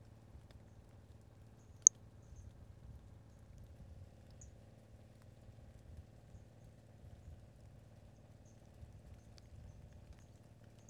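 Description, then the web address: Brachycephalus albolineatus calls: a few short, very high-pitched chirps spaced seconds apart, one notably louder, over a quiet low hum. Individual 06, unvouchered. "2018 Brachycephalus albolineatus individual 06 example 01 unvouchered"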